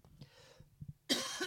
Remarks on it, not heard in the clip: I still have this really irritating cough. After about 5 weeks of this irritating affair. They've agreed to issue me with some antibiotics to see if that helps clear it out.